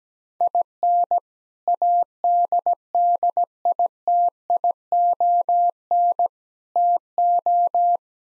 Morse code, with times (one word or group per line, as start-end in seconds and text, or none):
0.4-1.2 IN
1.7-6.3 ADDITION
6.8-8.0 TO